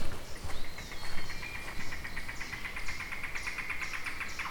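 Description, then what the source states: Yellow-billed Cuckoo calling: a long run of short, dry, repeated knocking notes, with a thin higher whistled note early on. A couple of yellow-billed cuckoos present in the area; the sound can be confused with a chipmunk's; old-growth mixed forest with very old white pine and maple.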